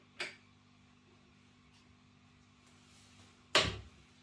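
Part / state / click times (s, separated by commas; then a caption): folding stem latch on e-scooter frame / seated / 3.6 s. The folding stem of a Xiaomi Mi M365 Pro 2 e-scooter is put down into its new locking mechanism on the frame. A lighter tick at 0.2 s precedes the sharp, loud click at 3.6 s. The stem latch clicks locked and is seated.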